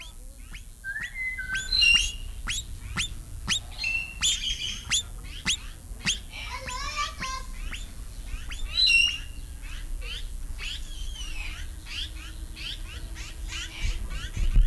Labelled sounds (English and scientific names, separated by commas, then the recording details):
Black Curassow (Crax alector) call
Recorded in captivity
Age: adult
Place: Zoo Berlin, Berlin, DE
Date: 1994-07-02 11:40
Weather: sonnig, 20-24°C
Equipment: Marantz CP 430, Sennheiser ME 80, Kopie Uher Variocord 263
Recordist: Tembrock, Günter